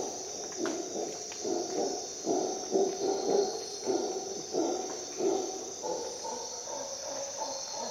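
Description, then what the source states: Howler monkey producing loose, irregular guttural pulses that swell in the middle, with a steady insect buzz. At dawn in a Costa Rica jungle.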